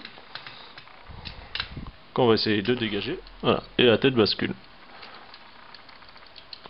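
A plastic robot head is being freed from a toy figure during its transformation and swung up toward its clip position on the torso, with small plastic clicks and handling taps throughout while someone talks. The head has not clipped into place yet, and nothing has seated by the end of the clip.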